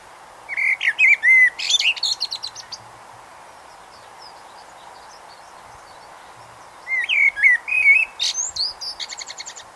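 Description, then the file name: Eurasian blackbird sings two separate phrases of fluty whistles, each trailing into a scratchy high twitter, with a quiet pause between them. "Turdus merula"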